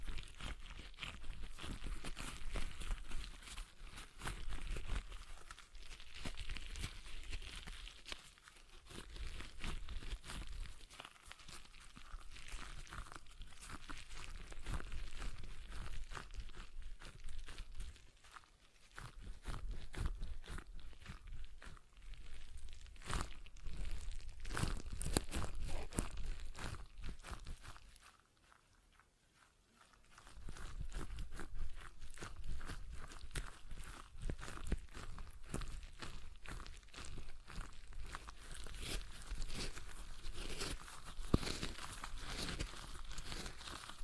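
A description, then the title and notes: A stress ball is squeezed and kneaded over and over, making dense, crinkly, crunching rustles that run almost without pause. The handling is steady and busy, with brief lulls near 18 seconds and a clear silence around 28 to 30 seconds before the squishing resumes. ASMR Relaxing Stress Ball Sounds (No Talking).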